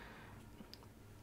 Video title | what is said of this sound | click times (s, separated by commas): How To Insert And Format SD Card In Steam Deck | it's a spring-loaded slot so you'll hear a slight click | 0.7 s